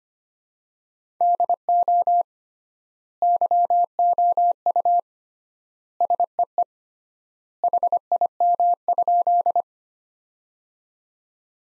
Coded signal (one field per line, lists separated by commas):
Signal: Morse code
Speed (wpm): 25 wpm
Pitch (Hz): 700 Hz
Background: none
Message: DO YOU SEE HIM?